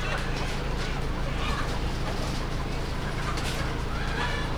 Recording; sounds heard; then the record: poultry house recording; healthy chickens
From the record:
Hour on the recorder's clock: 0